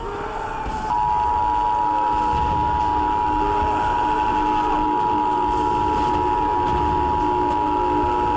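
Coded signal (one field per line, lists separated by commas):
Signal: Emergency Alert System (SAME) tones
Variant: 853 and 960 Hz attention tone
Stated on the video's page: Fictional nuclear attack scenario using valid EAS/EBS tones.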